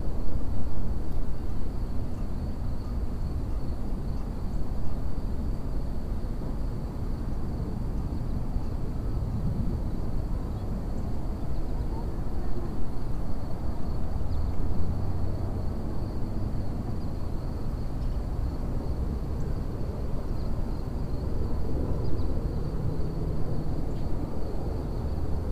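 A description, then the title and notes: Outdoors beside a river near a city, a steady, dense low rumble fills the scene without pause, like traffic or a passing aircraft blended with moving water. A faint, thin high whine runs throughout, and the level stays even for the whole stretch. Sitting and thinking next to the Anacostia River near Washington, D.C.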